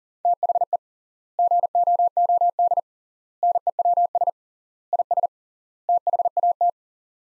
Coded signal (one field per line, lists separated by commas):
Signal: Morse code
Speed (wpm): 40 wpm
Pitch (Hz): 700 Hz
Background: none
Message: THE GOOD NEWS IS THAT